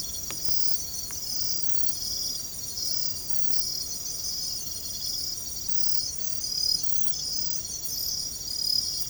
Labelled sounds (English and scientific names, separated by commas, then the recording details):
none
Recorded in secondary vegetation near Puerto Asís, Putumayo, Colombia, on 22 December 2024 at 02:00
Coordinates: 0.468, -76.324
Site G095